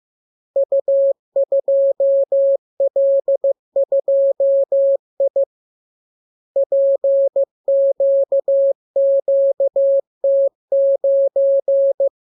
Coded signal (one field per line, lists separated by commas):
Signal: Morse code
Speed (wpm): 15 wpm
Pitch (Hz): 550 Hz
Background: none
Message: U2L2I PQQT9